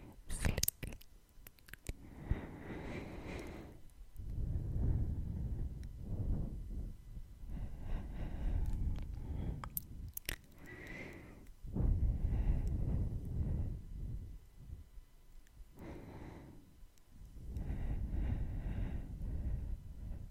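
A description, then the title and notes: Mouth sounds: sharp tongue clicks at the start and again around ten and twelve seconds, with soft wet smacks between them. Heavy, muffled breaths and skin rubbing swell every couple of seconds. ASMR Mouth Sounds (Tongue clicking, Kissing sounds, Breathing, Face Touching).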